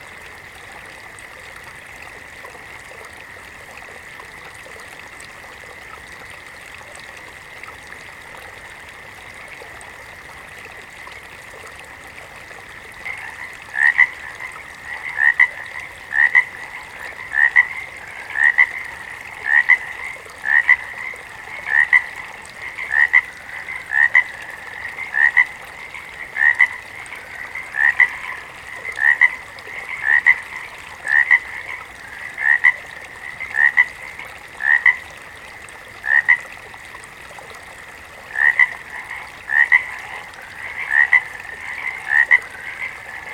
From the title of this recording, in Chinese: 池中蛙鸣